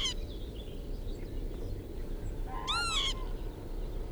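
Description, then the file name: Northern lapwing giving a single arched, wheezy 'pee-wit' call that rises then drops, with the tail of another call at the start over steady low rumble. "kiebitz karl-heinzfrommolt deutsches tierstimmenarchiv"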